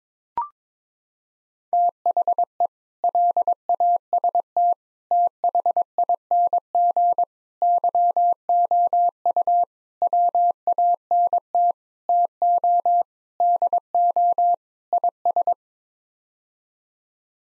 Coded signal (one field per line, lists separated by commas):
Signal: Morse code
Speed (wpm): 22 wpm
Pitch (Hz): 700 Hz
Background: none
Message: THE LAST THING YOU WANT TO DO IS